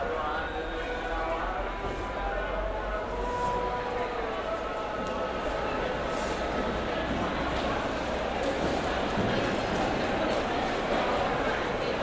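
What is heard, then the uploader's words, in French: A busy street scene in Senegal's capital, with voices talking and calling over a steady, dense crowd murmur. Occasional clops and brief bright clatters punctuate the first half, while a low rumble of traffic runs underneath throughout at a constant level. Une traversée sonore de la capitale sénégalaise de l’aube à la nuit.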